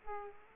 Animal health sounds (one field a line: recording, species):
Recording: mosquito wingbeat signal from an infrared sensor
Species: Aedes aegypti